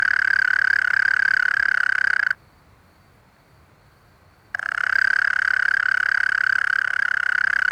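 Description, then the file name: European mole cricket song, a steady buzzing churr that breaks off for about two seconds of silence midway, then starts again and continues to the end. "Gryllotalpa gryllotalpa"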